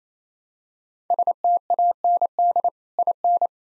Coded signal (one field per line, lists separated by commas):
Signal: Morse code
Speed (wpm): 28 wpm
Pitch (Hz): 700 Hz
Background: none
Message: STAND IN